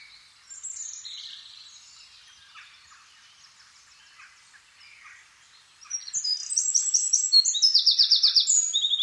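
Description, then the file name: Eurasian wren song: soft, scattered high notes at first, then a sudden loud outburst of rapid trills and twitters for the final three seconds. "Troglodytes troglodytes"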